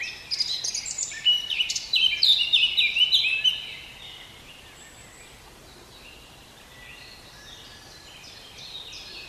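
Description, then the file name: Eurasian blackcap song, a lively run of mixed chattering and clear whistled notes lasting about three seconds, followed by a quiet background. "Sylvia atricapilla"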